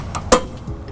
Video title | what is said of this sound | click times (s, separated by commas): 2017 Chevrolet Traverse - U-Haul Trailer Hitch Installation | As soon as you hear that click, you'll know we're at the correct torque. | 0.3 s